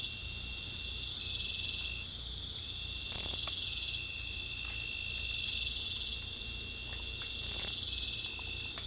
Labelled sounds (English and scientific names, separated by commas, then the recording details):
none
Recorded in secondary vegetation near Puerto Asís, Putumayo, Colombia, on 16 December 2024 at 19:30
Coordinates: 0.499, -76.323
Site G010